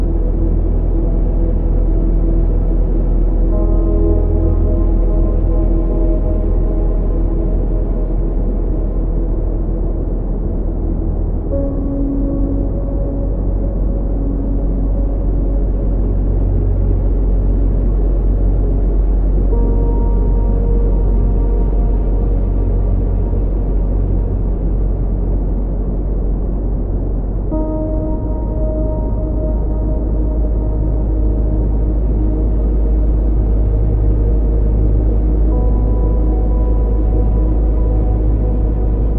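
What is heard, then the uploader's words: Soft piano music blends into a deep, steady brown noise that fills the low end and stays constant throughout. Gentle sustained notes and chords appear every few seconds, changing around 12, 20 and 28 seconds, muffled and mellow with no bright top. Peaceful Piano Music for Bedtime with Deep Brown Noise. The piano melodies are incredibly mellow. The music is seamlessly blended with deep brown noise.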